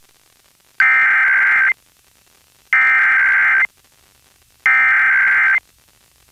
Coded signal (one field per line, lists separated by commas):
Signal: Emergency Alert System (SAME) tones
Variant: header bursts